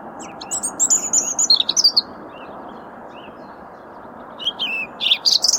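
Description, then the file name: European robin song: quick high twittering notes dropping in pitch, a brief quiet gap, then a fresh burst of bright notes; continuous low rushing sound behind. "Erithacus rubecula"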